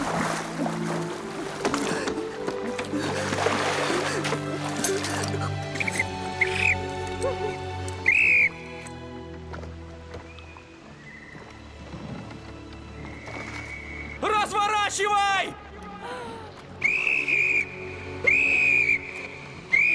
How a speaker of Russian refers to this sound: Роза продолжает изо всех сил дуть в свисток, даже когда лодка подплывает к ней.